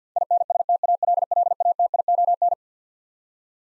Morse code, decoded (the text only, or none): INSTALLATION